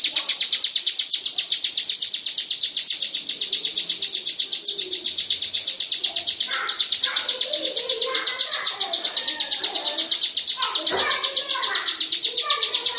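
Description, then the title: Lovebird chattering song: an unbroken, evenly pulsed high trill throughout, with soft twittering notes from other birds in the background. Long 'ngekek' song. "Audio Lovebird Ngekek Panjang Ciblek"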